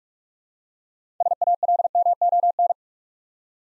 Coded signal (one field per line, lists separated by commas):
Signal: Morse code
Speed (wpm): 44 wpm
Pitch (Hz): 700 Hz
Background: none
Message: SALMON